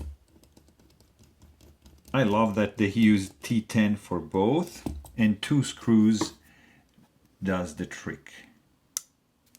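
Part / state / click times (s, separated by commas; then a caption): blade lock of a folding pocketknife / seated / 9.0 s. Someone talks after reassembling a Rockstead Higo X folding pocketknife and tightening its two T10 screws, with faint light ticks early on. Then the blade is opened and its steel lock engages with one sharp click at 9.0 s, showing the blade lock has seated.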